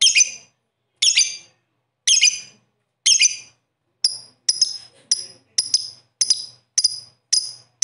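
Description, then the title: Bird calling with high, harsh chirps, first spaced about a second apart, then quickening into shorter, thinner notes repeated every half second. "Kicau Burung"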